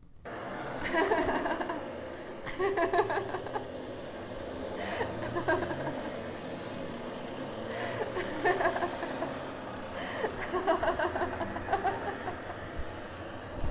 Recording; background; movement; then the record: laughter; traffic; sitting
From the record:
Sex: female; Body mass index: 18.3 kg/m2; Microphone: on the chest, facing outward